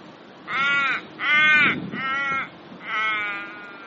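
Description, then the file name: Little raven giving four drawn-out, harmonic cawing calls, the first three each about half a second long and the last about a second long. Dying bird. "Litttle Raven dying"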